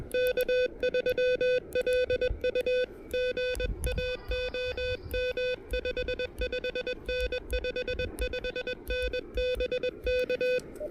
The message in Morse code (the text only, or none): K3LU GA OM 55N 55N BK